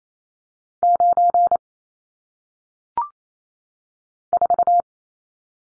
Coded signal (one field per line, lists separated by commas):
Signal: Morse code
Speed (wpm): 28 wpm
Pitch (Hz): 700 Hz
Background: none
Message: 9 4